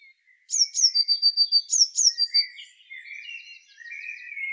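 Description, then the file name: Eurasian blue tit: thin descending notes leading into a rapid trill, given twice, then softer lower buzzy calls. "Cyanistes caeruleus"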